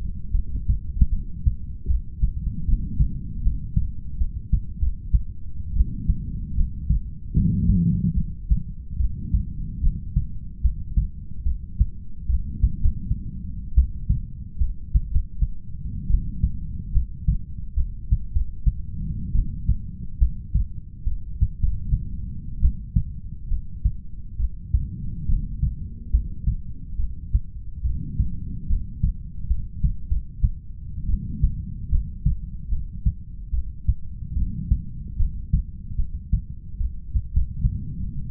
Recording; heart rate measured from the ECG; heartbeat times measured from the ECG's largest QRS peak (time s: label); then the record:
heart sounds by stethoscope; 74 bpm
0.33 s: heartbeat
1.11 s: heartbeat
1.88 s: heartbeat
2.66 s: heartbeat
3.43 s: heartbeat
4.19 s: heartbeat
4.79 s: heartbeat
5.74 s: heartbeat
6.56 s: heartbeat
7.35 s: heartbeat
8.15 s: heartbeat
8.98 s: heartbeat
9.82 s: heartbeat
10.62 s: heartbeat
11.44 s: heartbeat
12.27 s: heartbeat
12.80 s: heartbeat
13.76 s: heartbeat
14.59 s: heartbeat
15.10 s: heartbeat
16.08 s: heartbeat
16.93 s: heartbeat
17.76 s: heartbeat
18.32 s: heartbeat
19.33 s: heartbeat
20.20 s: heartbeat
21.05 s: heartbeat
21.59 s: heartbeat
22.61 s: heartbeat
23.49 s: heartbeat
24.38 s: heartbeat
25.27 s: heartbeat
26.12 s: heartbeat
26.97 s: heartbeat
27.83 s: heartbeat
28.68 s: heartbeat
29.48 s: heartbeat
30.08 s: heartbeat
31.07 s: heartbeat
31.91 s: heartbeat
32.70 s: heartbeat
33.51 s: heartbeat
34.35 s: heartbeat
35.18 s: heartbeat
35.97 s: heartbeat
36.79 s: heartbeat
37.32 s: heartbeat
38.30 s: heartbeat
From the record:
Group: heart failure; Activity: rest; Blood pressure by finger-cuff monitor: 88/59 mmHg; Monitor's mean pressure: 69 mmHg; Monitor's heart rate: 71 bpm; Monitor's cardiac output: 6.3 L/min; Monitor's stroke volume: 86 mL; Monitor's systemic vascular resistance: 790 dyn s/cm5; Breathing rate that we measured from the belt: 19 breaths a minute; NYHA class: 1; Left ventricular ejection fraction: 39%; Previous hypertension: present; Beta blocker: carvedilol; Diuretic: furosemide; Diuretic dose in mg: 20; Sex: male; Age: 60 years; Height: 178 cm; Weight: 62 kg